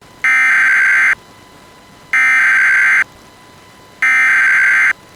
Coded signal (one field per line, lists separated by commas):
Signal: Emergency Alert System (SAME) tones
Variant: header bursts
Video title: EAS - SILVER Alert Issued for Yavapai County, Arizona